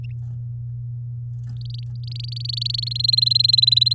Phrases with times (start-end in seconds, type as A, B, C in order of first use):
1.56-2.93 A, 2.95-3.93 B